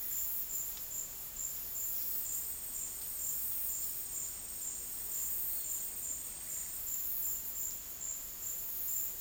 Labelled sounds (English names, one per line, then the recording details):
none
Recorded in dense forest near Puerto Asís, Putumayo, Colombia, on 13 March 2025 at 15:00
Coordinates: 0.503, -76.323
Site GP09